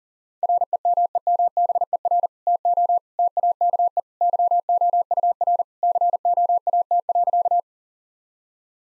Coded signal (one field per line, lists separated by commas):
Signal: Morse code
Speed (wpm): 40 wpm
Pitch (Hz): 700 Hz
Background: none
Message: REMEMBER TO TAKE YOUR COAT.